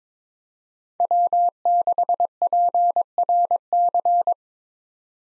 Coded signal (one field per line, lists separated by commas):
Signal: Morse code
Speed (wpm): 22 wpm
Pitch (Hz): 700 Hz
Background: none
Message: W6PRC